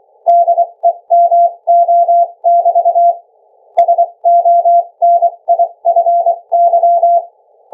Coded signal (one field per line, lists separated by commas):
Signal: Morse code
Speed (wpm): 23 wpm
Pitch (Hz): 690 Hz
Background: none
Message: DEMO<BT> SONIFY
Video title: Sonify 1 demo - sending data via ultrasound morse code